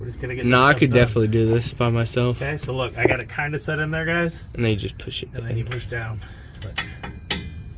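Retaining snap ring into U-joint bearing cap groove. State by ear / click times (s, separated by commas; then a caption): seated / 7.3 s. A steel snap ring (retaining clip) is pushed down into the groove of a U-joint bearing cap on a truck drive shaft yoke while someone talks. After a faint tick at 7.0 s, a sharp metallic click at 7.3 s marks the ring seating in its groove.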